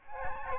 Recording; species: mosquito wingbeat signal from an infrared sensor; Aedes albopictus